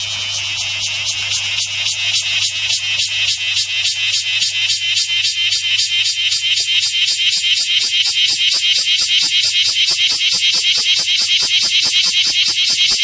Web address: sikioto insect kumazemi